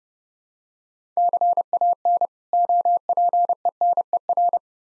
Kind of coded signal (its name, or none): Morse code